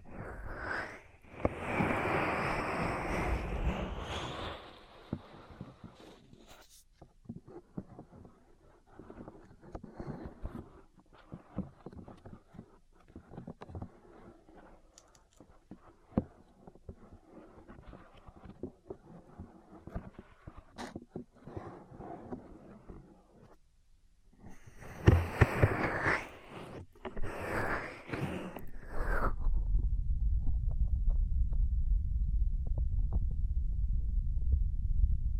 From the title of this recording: ASMR Intense Electrifying Ear Cleaning